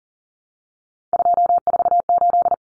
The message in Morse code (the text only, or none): 248